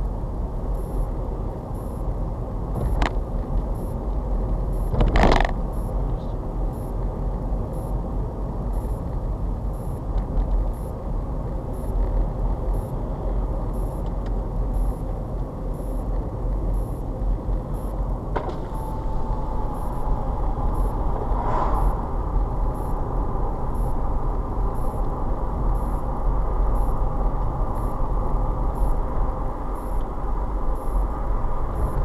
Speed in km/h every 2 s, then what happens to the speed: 35, 40, 44, 44, 42, 40, 39, 39, 44, 42, 40, 44, 40, 39, 40, 42.
0-3 speeds up to 44. 3-32 steady at about 40.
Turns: none.